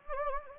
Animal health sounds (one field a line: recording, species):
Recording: mosquito wingbeat signal from an infrared sensor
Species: Anopheles gambiae